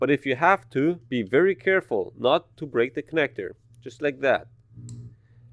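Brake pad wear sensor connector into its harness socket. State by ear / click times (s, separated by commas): seated / 4.9 s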